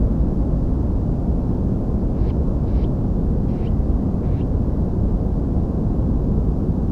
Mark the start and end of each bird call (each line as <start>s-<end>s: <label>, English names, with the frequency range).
2.17s-2.33s: Common Snipe (1.3-5.8 kHz)
2.65s-2.85s: Common Snipe (1.4-6.3 kHz)
3.48s-3.68s: Common Snipe (1.4-6.1 kHz)
4.23s-4.44s: Common Snipe (1.1-6.0 kHz)